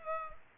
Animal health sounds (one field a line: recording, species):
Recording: mosquito wingbeat signal from an infrared sensor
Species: Culex pipiens